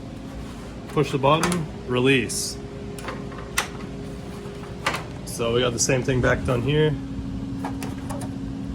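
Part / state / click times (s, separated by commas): push-pin quick-release latch on rear body panel / seated / 7.6 s, 7.8 s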